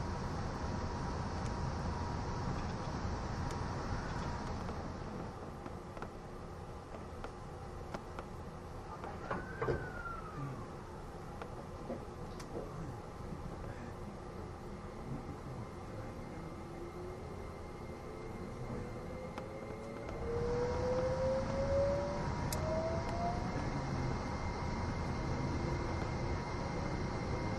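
A recording of the E261 series Saphir Odoriko No. 1 train, with a steady low rumble and faint tones running throughout. A bright hiss drops away around five seconds and returns near twenty, while a rising whine sweeps upward between about sixteen and twenty-four seconds.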